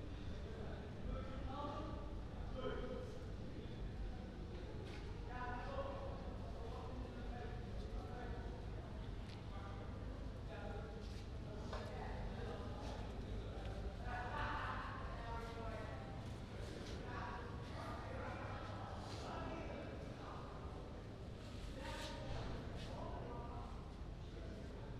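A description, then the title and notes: Waiting for the metro in Rotterdam: people talk steadily over a constant low rumble, with brief clicks and knocks scattered throughout. Metro Rotterdam Coolhaven - Schiedam Centrum.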